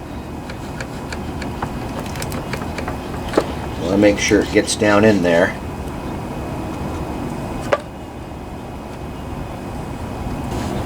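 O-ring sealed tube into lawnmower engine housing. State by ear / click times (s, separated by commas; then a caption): seated / 7.7 s. Someone talks while pressing a part sealed with a rubber o-ring, likely the oil fill tube, down into the housing of a Honda lawnmower engine, with a few faint ticks in the background. A sharp pop at 7.7 s marks the o-ring popping into place, and the part is seated.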